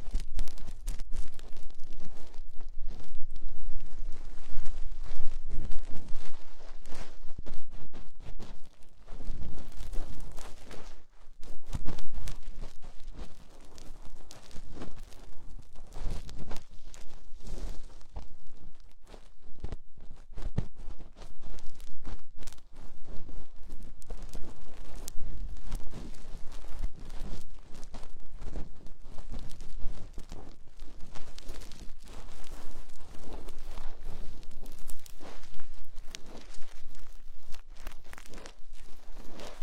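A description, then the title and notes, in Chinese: Lace-gloved fingers rub and massage against the ears, making a dense, continuous rustling and scratching with crisp crackles. The friction comes in quick, irregular strokes, with heavier bursts around six and eleven seconds, over a steady low rumble. 带着蕾丝手套，按摩你的小耳朵。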